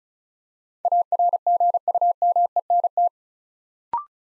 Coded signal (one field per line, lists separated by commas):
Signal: Morse code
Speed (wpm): 36 wpm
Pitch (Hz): 700 Hz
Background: none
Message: ARGUMENT